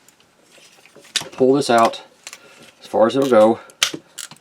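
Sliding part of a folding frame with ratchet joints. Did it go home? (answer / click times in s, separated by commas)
yes / 3.8 s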